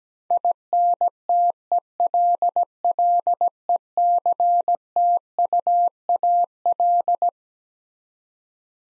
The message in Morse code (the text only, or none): INTELLECTUAL